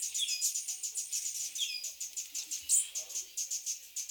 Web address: sound Cuban-emerald